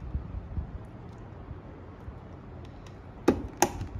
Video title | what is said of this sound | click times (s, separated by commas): First Time Pasang PC RM3300 ! Matx Techware Fusion | sama Sampai bunyi klik | 3.3 s, 3.6 s